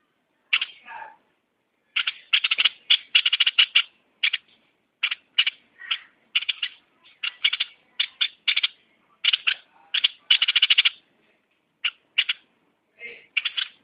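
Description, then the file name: Bulbul uttering raspy chattering bursts, clusters of rapid harsh notes separated by short pauses, a lower scratchy note near the start and end. "merbah lekir"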